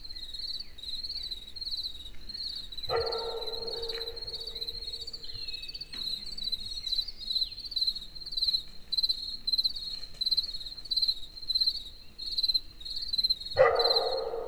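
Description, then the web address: Crickets chirping in a steady high pulsed trill throughout, with two dog barks, one near three seconds and one near the end. Crickets in a forest in the evening near Egerturistaház, with dogs barking in the distance. "tucsok. erdoben estavolbanugatokutyak egerturistahaz"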